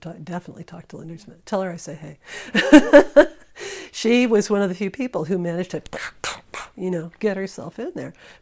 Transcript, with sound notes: Definitely talk to Linda Smith. Tell her I say hey. [laughter] She was one of the few people who managed to, you know, get herself in there.